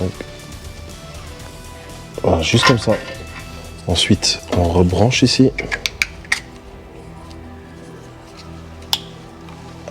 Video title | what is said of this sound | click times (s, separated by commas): 👻Ce témoin Moteur c'est un film d'Horreur! Golf IV 1.4i - cata+silencieux+lambdas+leurre! On l'a eu🦾 | petit clic de confirmation donc | 8.9 s